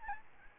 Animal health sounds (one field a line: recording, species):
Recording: mosquito wingbeat signal from an infrared sensor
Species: Aedes albopictus